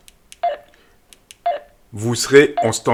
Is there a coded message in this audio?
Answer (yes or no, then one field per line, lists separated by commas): no